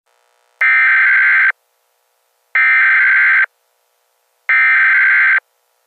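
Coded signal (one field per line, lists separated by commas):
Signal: Emergency Alert System (SAME) tones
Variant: header bursts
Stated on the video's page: Mock EAS warning made for entertainment; not real.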